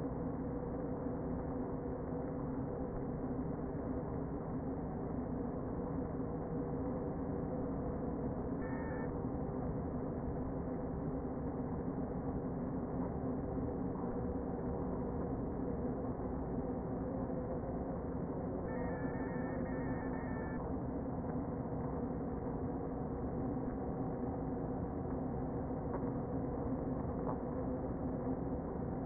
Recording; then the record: honeybee colony, microphone inside the hive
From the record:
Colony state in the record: queen present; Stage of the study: before two queens were removed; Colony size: about 60,000 bees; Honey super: yes